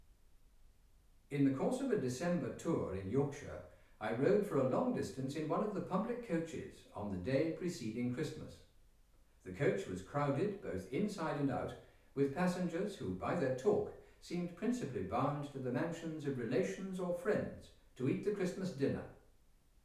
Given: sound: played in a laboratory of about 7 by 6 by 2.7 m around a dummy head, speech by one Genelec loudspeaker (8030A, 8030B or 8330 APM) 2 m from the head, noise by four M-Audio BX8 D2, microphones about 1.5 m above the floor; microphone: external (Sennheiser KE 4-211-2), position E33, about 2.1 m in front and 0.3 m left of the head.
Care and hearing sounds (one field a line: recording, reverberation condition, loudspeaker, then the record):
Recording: male speech in English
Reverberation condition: medium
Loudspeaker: 150 degrees to the left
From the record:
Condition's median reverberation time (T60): about 510 ms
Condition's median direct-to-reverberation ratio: about -0.5 dB